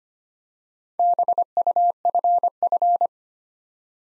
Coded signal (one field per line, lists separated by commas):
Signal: Morse code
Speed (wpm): 25 wpm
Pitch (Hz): 700 Hz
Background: none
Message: BUFF